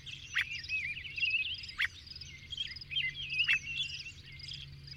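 Birds chirping and warbling in quick overlapping phrases, with a few sharp click-like notes and a steady low hum in the background.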